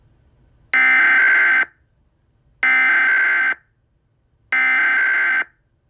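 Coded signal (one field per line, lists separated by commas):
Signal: Emergency Alert System (SAME) tones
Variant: header bursts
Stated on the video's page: Mock statewide required monthly EAS test, not a real alert.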